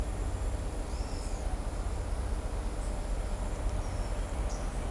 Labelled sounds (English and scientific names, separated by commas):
Pale-eyed Pygmy Tyrant (Atalotriccus pilaris)